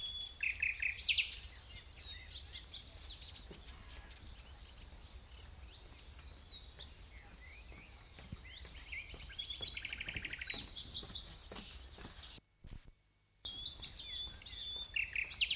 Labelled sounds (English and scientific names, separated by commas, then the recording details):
Common Nightingale (Luscinia megarhynchos) song
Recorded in the wild
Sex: male
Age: adult
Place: Lübars (Fließtal), Berlin, DE
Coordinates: 52.6167, 13.35
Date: 2005-05-01 12:58
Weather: sunny, 22°C
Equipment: Sony WM-D6C, Sony ECM-MS 907, Kopie Uher 4000 Report Monitor
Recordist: Tembrock, Günter